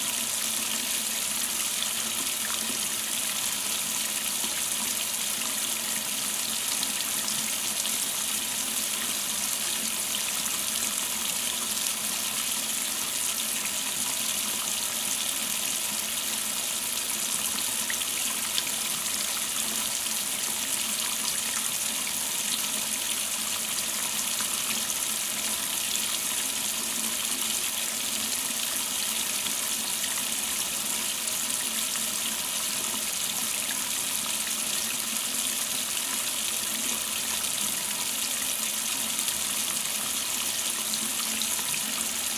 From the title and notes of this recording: ASMR Water Dropping onto Plastic.